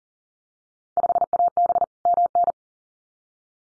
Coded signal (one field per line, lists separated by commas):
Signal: Morse code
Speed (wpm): 40 wpm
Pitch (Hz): 700 Hz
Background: none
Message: 5AB MN